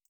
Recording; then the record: hydrophone in a shrimp aquaculture tank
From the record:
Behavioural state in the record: feeding